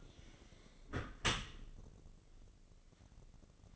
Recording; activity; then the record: daily activity, microphone in the room; close dishwasher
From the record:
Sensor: 4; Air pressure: 1013.2 hPa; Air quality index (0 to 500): 178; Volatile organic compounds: 2 ppm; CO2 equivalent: 1116 ppm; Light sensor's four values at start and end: 87/216/90/93 and 88/218/91/94